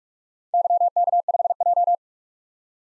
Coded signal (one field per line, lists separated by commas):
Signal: Morse code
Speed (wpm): 46 wpm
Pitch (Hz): 700 Hz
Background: none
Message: YK5J